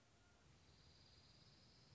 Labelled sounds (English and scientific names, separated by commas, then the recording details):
Dark-eyed Junco (Junco hyemalis)
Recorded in Sonoma County, California